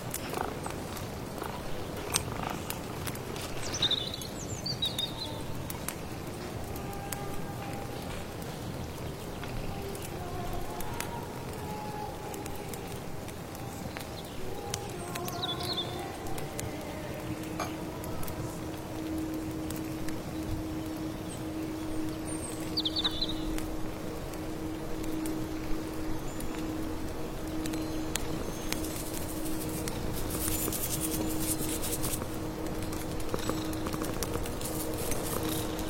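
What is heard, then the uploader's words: Stirring a magic amulet soup, with a steady low bubbling and rustle filling the whole clip. Short bright chirps of birdsong come and go, with clusters near 4, 15 and 24 seconds, while a faint hum holds underneath and a hissing burst rises around 29 to 32 seconds. Stir your magic amulet soup, accompanied by birdsong, firewood, rustling rain.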